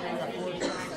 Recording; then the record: coughing mixed with background sound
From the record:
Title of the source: female coughing - coughing sound effects girl